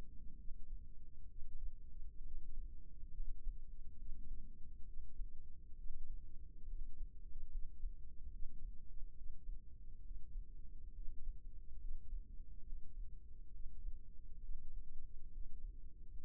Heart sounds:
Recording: heart sounds by microphone in the left ear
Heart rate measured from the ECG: 68 bpm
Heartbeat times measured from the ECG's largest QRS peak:
0.38 s: heartbeat
1.29 s: heartbeat
2.24 s: heartbeat
3.15 s: heartbeat
3.98 s: heartbeat
4.86 s: heartbeat
5.77 s: heartbeat
6.68 s: heartbeat
7.52 s: heartbeat
8.32 s: heartbeat
9.16 s: heartbeat
10.03 s: heartbeat
10.95 s: heartbeat
11.81 s: heartbeat
12.65 s: heartbeat
13.52 s: heartbeat
14.42 s: heartbeat
15.32 s: heartbeat
16.22 s: heartbeat
From the record:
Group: healthy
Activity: rest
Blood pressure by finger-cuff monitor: 82/55 mmHg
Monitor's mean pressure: 66 mmHg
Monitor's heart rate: 69 bpm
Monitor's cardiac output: 5.6 L/min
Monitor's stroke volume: 84 mL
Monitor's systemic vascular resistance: 770 dyn s/cm5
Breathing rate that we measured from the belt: 15 breaths a minute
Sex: male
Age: 22 years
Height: 181 cm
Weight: 79 kg

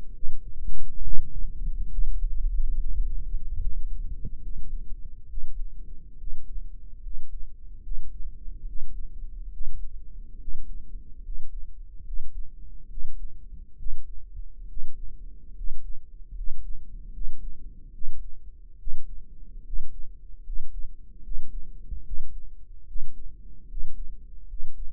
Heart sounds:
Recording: heart sounds by microphone in the right ear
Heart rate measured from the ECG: 71 bpm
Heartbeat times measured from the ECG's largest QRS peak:
0.12 s: heartbeat
1.01 s: heartbeat
1.88 s: heartbeat
2.76 s: heartbeat
3.59 s: heartbeat
4.40 s: heartbeat
5.26 s: heartbeat
6.16 s: heartbeat
7.00 s: heartbeat
7.80 s: heartbeat
8.64 s: heartbeat
9.50 s: heartbeat
10.37 s: heartbeat
11.21 s: heartbeat
12.03 s: heartbeat
12.87 s: heartbeat
13.76 s: heartbeat
14.66 s: heartbeat
15.53 s: heartbeat
16.33 s: heartbeat
17.10 s: heartbeat
17.91 s: heartbeat
18.76 s: heartbeat
19.62 s: heartbeat
20.42 s: heartbeat
21.21 s: heartbeat
22.03 s: heartbeat
22.84 s: heartbeat
23.66 s: heartbeat
24.46 s: heartbeat
From the record:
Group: healthy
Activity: rest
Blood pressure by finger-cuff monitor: 100/59 mmHg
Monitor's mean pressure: 70 mmHg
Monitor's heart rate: 71 bpm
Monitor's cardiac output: 6.7 L/min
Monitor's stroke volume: 96 mL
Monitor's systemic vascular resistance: 740 dyn s/cm5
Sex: male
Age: 23 years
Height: 178 cm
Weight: 96.6 kg

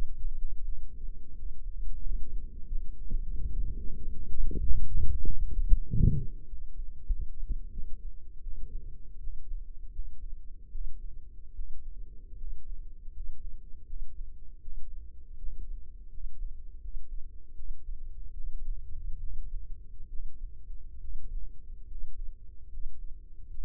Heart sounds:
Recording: heart sounds by microphone in the left ear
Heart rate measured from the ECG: 81 bpm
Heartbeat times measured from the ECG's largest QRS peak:
0.64 s: heartbeat
1.36 s: heartbeat
2.03 s: heartbeat
2.69 s: heartbeat
3.33 s: heartbeat
3.98 s: heartbeat
4.62 s: heartbeat
5.26 s: heartbeat
5.89 s: heartbeat
6.48 s: heartbeat
7.09 s: heartbeat
7.73 s: heartbeat
8.42 s: heartbeat
9.20 s: heartbeat
9.92 s: heartbeat
10.71 s: heartbeat
11.54 s: heartbeat
12.37 s: heartbeat
13.13 s: heartbeat
13.86 s: heartbeat
14.62 s: heartbeat
15.38 s: heartbeat
16.10 s: heartbeat
16.80 s: heartbeat
17.55 s: heartbeat
18.33 s: heartbeat
19.19 s: heartbeat
20.09 s: heartbeat
20.99 s: heartbeat
21.87 s: heartbeat
22.69 s: heartbeat
23.50 s: heartbeat
From the record:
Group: healthy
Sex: male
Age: 35 years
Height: 178 cm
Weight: 64 kg

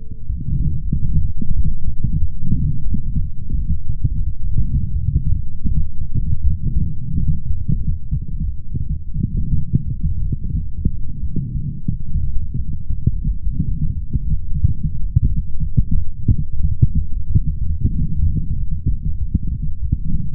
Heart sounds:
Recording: heart sounds by stethoscope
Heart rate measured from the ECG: 89 bpm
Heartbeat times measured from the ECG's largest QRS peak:
0.27 s: heartbeat
0.91 s: heartbeat
1.53 s: heartbeat
2.19 s: heartbeat
2.89 s: heartbeat
3.55 s: heartbeat
4.24 s: heartbeat
5.01 s: heartbeat
5.67 s: heartbeat
6.42 s: heartbeat
7.11 s: heartbeat
7.78 s: heartbeat
8.46 s: heartbeat
9.16 s: heartbeat
9.84 s: heartbeat
10.51 s: heartbeat
11.21 s: heartbeat
11.89 s: heartbeat
12.56 s: heartbeat
13.25 s: heartbeat
13.94 s: heartbeat
14.60 s: heartbeat
15.28 s: heartbeat
15.95 s: heartbeat
16.62 s: heartbeat
17.28 s: heartbeat
17.93 s: heartbeat
18.56 s: heartbeat
19.18 s: heartbeat
19.80 s: heartbeat
From the record:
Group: healthy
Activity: light exercise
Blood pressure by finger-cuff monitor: 114/76 mmHg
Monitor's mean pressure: 89 mmHg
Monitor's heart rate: 90 bpm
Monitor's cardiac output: 6.8 L/min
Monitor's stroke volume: 77 mL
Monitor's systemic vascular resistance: 970 dyn s/cm5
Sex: male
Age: 20 years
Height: 187 cm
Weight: 68.9 kg

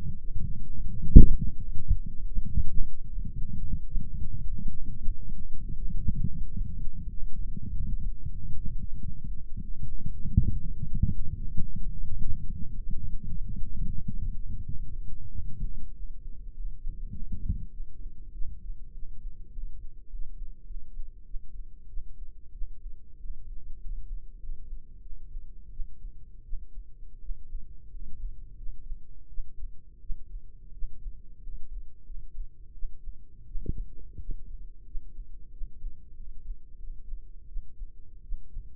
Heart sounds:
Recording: heart sounds by microphone in the right ear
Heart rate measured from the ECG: 95 bpm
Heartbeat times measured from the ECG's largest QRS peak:
0.14 s: heartbeat
0.73 s: heartbeat
1.31 s: heartbeat
1.89 s: heartbeat
2.48 s: heartbeat
3.06 s: heartbeat
3.62 s: heartbeat
4.17 s: heartbeat
4.74 s: heartbeat
5.33 s: heartbeat
5.91 s: heartbeat
6.49 s: heartbeat
7.10 s: heartbeat
7.72 s: heartbeat
8.32 s: heartbeat
8.95 s: heartbeat
9.59 s: heartbeat
10.20 s: heartbeat
10.83 s: heartbeat
11.52 s: heartbeat
12.15 s: heartbeat
12.77 s: heartbeat
13.41 s: heartbeat
14.04 s: heartbeat
14.64 s: heartbeat
15.28 s: heartbeat
15.92 s: heartbeat
16.52 s: heartbeat
17.10 s: heartbeat
17.70 s: heartbeat
18.31 s: heartbeat
18.92 s: heartbeat
19.51 s: heartbeat
20.08 s: heartbeat
20.65 s: heartbeat
21.24 s: heartbeat
21.87 s: heartbeat
22.51 s: heartbeat
23.18 s: heartbeat
23.79 s: heartbeat
24.38 s: heartbeat
25.01 s: heartbeat
25.70 s: heartbeat
26.43 s: heartbeat
27.19 s: heartbeat
27.89 s: heartbeat
28.56 s: heartbeat
29.27 s: heartbeat
29.99 s: heartbeat
30.71 s: heartbeat
31.41 s: heartbeat
32.04 s: heartbeat
32.72 s: heartbeat
33.45 s: heartbeat
34.18 s: heartbeat
34.84 s: heartbeat
35.50 s: heartbeat
36.15 s: heartbeat
36.77 s: heartbeat
37.46 s: heartbeat
38.21 s: heartbeat
From the record:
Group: healthy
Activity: light exercise 0-14 s, rest 14-39 s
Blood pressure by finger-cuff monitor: 108/57 mmHg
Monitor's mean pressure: 70 mmHg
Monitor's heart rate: 95 bpm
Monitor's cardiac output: 7.3 L/min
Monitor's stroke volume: 75 mL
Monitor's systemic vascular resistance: 690 dyn s/cm5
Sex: male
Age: 20 years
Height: 167 cm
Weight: 61 kg

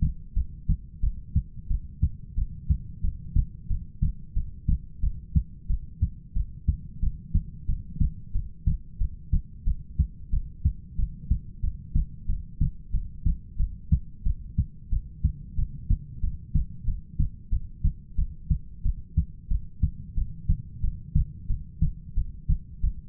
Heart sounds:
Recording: heart sounds by stethoscope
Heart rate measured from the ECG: 91 bpm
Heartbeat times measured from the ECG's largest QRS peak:
0.35 s: heartbeat
1.02 s: heartbeat
1.69 s: heartbeat
2.37 s: heartbeat
3.03 s: heartbeat
3.69 s: heartbeat
4.35 s: heartbeat
5.02 s: heartbeat
5.69 s: heartbeat
6.35 s: heartbeat
7.01 s: heartbeat
7.68 s: heartbeat
8.34 s: heartbeat
8.99 s: heartbeat
9.66 s: heartbeat
10.32 s: heartbeat
10.98 s: heartbeat
11.62 s: heartbeat
12.28 s: heartbeat
12.92 s: heartbeat
13.58 s: heartbeat
14.25 s: heartbeat
14.91 s: heartbeat
15.57 s: heartbeat
16.22 s: heartbeat
16.86 s: heartbeat
17.51 s: heartbeat
18.17 s: heartbeat
18.84 s: heartbeat
19.50 s: heartbeat
20.16 s: heartbeat
20.82 s: heartbeat
21.48 s: heartbeat
22.16 s: heartbeat
22.82 s: heartbeat
From the record:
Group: heart failure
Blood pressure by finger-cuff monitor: 105/67 mmHg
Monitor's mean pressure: 80 mmHg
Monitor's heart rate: 91 bpm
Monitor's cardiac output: 7.7 L/min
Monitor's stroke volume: 85 mL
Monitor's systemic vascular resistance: 750 dyn s/cm5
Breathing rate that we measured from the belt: 13 breaths a minute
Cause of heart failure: ischemic heart disease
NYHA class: 1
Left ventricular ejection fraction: 38%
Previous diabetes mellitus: present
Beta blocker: bisoprolol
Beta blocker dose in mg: 15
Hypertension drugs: sacubitril-valsartan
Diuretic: furosemide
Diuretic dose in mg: 20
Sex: male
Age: 33 years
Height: 172 cm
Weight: 78.5 kg

